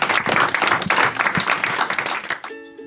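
A crowd applauds in a dense, steady wash of clapping for about two and a half seconds, then it drops away as sustained musical tones begin.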